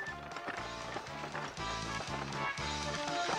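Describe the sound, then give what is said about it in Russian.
Horses trot along pulling a cart loaded with chairs down to the highway near Batumi, past the Batumi Botanical Garden and along the seashore, their hooves clopping in a steady, quick rhythm over a low rumbling undertone. The clopping stays loud and even throughout, with no voices. “Бодрые кони свезли сокровища вниз, на шоссейную дорогу мимо ресторанчика «Финал» и Батумского ботанического сада и повлекли не слишком быстро над самой линией прибоя.”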